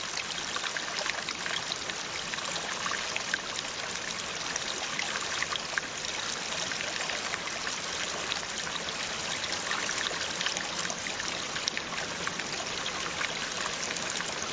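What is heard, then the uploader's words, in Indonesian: A river's water runs steadily, a dense, even rush of bright splashing and babbling that never lets up across the whole stretch. Small trickles and splashes flicker through it, with little low rumble beneath. Menemukan sungai dengan suara air yang cukup menenangkan pikiran.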